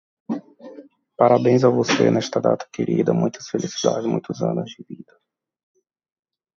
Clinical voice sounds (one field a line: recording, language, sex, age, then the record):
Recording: short text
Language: Brazilian Portuguese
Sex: male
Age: 40 to 49 years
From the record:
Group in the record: control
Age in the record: 40 years